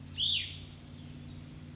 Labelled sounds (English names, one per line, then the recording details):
Cassin's Vireo
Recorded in Sonoma County, California